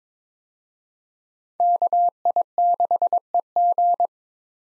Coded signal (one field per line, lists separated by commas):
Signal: Morse code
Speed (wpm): 21 wpm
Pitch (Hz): 700 Hz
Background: none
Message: KI6EG